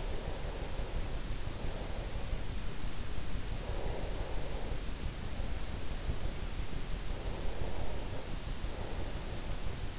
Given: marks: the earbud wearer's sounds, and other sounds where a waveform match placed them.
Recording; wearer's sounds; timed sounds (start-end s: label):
sounds in sleep by an in-ear microphone; breath
0.00-9.99 s: breath